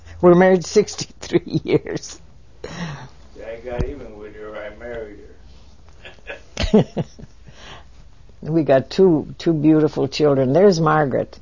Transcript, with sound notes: We're married sixty-three years.
I got even with her. I married her. ( they laugh )
We've got two beautiful children. There's Margaret.